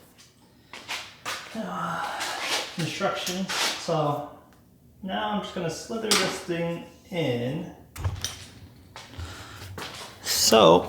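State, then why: Seated. Someone talks while the end of a power frunk strut on a Tesla Model Y is slid into place against the hood mount bracket. Several short knocks follow, and at about 8.2 s the strut end pops and clips onto the mount with a click. The strut end is seated.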